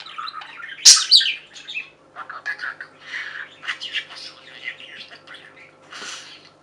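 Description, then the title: Budgerigar chatter, softer and muffled, opening with a loud sharp squawk and followed by quieter warbling chirps over a faint steady hum. "Budgie Sounds"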